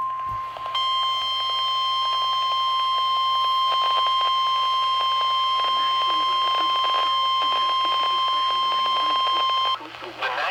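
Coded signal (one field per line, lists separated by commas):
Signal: Emergency Alert System (SAME) tones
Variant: 1050 Hz attention tone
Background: speech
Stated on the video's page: NOAA Weather Radio special marine warning.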